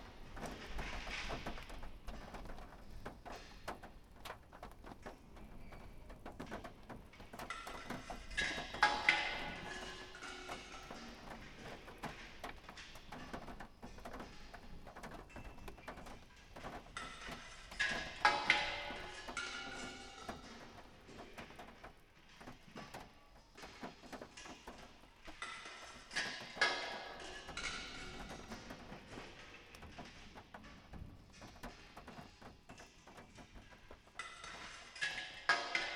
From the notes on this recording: water dripping from the gutters of a remote farmhouse outbuilding after a passing storm at 3am